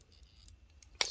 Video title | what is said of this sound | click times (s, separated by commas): Transformers 2007 Deluxe Class Concept Camaro Bumblebee Review | see you'll feel a little click I believe it already did click already | 1.0 s